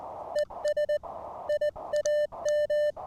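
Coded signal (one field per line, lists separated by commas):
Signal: Morse code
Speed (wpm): 18 wpm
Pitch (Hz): 600 Hz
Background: none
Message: ES IAM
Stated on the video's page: POTA CW activation with an Elecraft K1 keyed by a prototype paddle, using an end-fed half-wave antenna with 40 m wire add-on.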